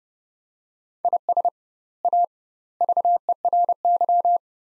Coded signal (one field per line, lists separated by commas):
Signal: Morse code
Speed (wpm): 32 wpm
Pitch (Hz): 700 Hz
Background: none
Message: IS A VERY